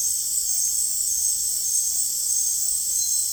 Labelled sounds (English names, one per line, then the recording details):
none
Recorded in dense forest near Puerto Asís, Putumayo, Colombia, on 22 June 2025 at 19:30
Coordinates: 0.503, -76.323
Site G059